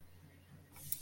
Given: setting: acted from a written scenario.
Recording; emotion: vocal sound without words; sympathy